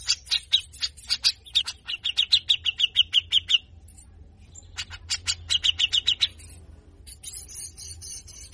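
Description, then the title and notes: Grey-cheeked bulbul delivering a fast string of buzzy, rough notes, pausing briefly, then a shorter burst fading into softer chatter. Training song for songbird keepers, a talkative bird in full harsh burst style (besetan kasar). "MASTERAN CUCAK JENGGOT GACOR FULL BESETAN KASAR. Burung cucak jenggot"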